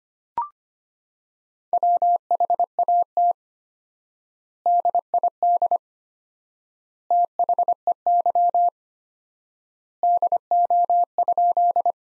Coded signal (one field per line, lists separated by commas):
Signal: Morse code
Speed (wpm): 25 wpm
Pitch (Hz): 700 Hz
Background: none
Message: WHAT DID THEY DO?